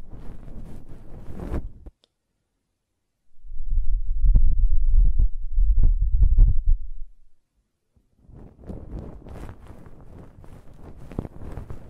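Ear cleaning and blowing: rough, crackling scraping fills the first two seconds, then silence. From about 3.5 to 7 seconds a low, thumping muffled rumble swells and throbs, followed by another pause and then dense scratchy rustling from 8 seconds to the end.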